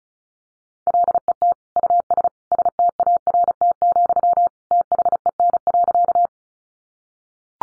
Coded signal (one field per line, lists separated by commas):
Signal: Morse code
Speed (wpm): 34 wpm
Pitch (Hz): 700 Hz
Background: none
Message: LET US START, THEN.